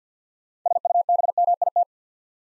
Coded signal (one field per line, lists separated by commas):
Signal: Morse code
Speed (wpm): 48 wpm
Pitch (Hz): 700 Hz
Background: none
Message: SUBMIT